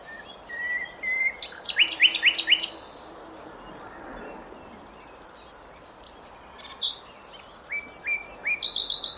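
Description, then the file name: Common nightingale song: whistled notes and a quick series of repeated sharp notes, a quiet gap, then more whistles and fast chirping phrases. "Luscinia megarhynchos"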